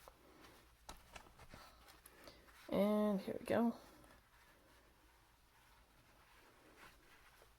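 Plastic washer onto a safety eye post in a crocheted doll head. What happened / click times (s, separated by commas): A small plastic washer ratcheted partway onto its post, not fully home / 0.9 s, 2.1 s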